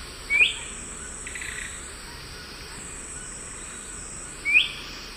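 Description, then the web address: Thick-billed euphonia calls: two brief, sharp upslurred notes about four seconds apart over a steady high insect drone. Female calling near nest, eastern lowlands of South America. "Natures Songs S America Eastern Lowlands Euphonia laniirostris, calls female near nest"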